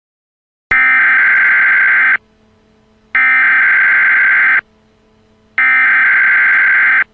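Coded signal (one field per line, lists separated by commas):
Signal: Emergency Alert System (SAME) tones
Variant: header bursts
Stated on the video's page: Mock EAS scenario, a fictional recreation.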